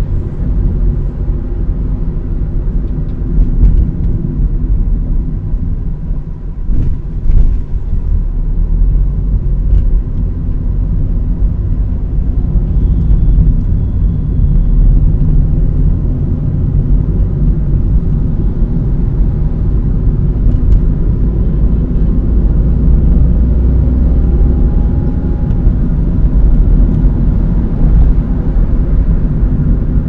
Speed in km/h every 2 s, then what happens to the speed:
39, 37, 23, 14, 21, 28, 33, 35, 40, 41, 44, 51, 55, 55, 54.
0-5 brakes to 14. 6-23 speeds up to 55. 23-30 steady at about 55.